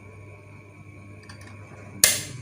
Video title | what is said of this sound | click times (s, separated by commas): free belajar menjahit -- dari nol sampe lancar -- dan cara kerjanya ! | Ini kalau sudah masuk nih, tinggal ditekan sedikit lagi sampai berbunyi klik. | 2.0 s